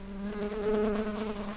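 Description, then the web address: Brown-banded carder bee buzz, a steady low drone with a strong fundamental and stacked harmonics, swelling slightly in loudness midway before settling. Workers. "Humilis workers"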